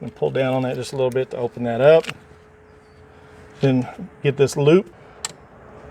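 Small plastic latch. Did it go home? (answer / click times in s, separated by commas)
yes / 5.2 s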